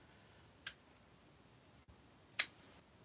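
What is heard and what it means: A folding knife is opened again and its blade locks into the handle lock, with a sharp, bright click at 2.4 s. A softer, shorter tick is heard earlier at about 0.7 s. The lock engages solidly.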